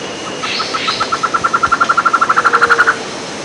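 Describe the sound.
Bird calling a quick run of identical short notes that speeds up and grows louder before stopping, over steady background hiss.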